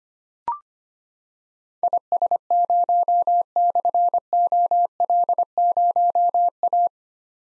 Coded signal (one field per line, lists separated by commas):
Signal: Morse code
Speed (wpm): 25 wpm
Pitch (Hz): 700 Hz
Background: none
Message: IS0/OL0A